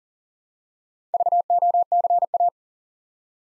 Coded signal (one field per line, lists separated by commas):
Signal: Morse code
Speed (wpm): 40 wpm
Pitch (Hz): 700 Hz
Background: none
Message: VOCA